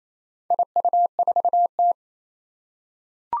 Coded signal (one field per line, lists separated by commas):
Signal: Morse code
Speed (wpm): 29 wpm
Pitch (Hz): 700 Hz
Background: none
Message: IU4T